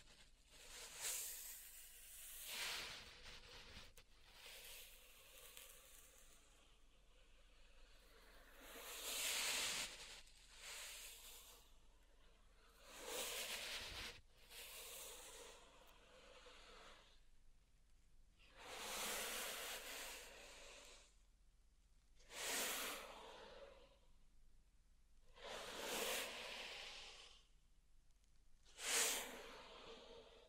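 Pink salt zen garden triggers: grainy, hissing sweeps rise and fade every two to four seconds, some brief and bright, others longer and softer. Between strokes a faint crackle and rustle continues, with a sharp tick near the end.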